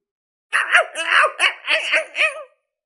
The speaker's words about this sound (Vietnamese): Ngay sau đó đại hắc cẩu như bị động kinh, gào điên cuồng không thôi, dùng sức phun ra phía ngoài.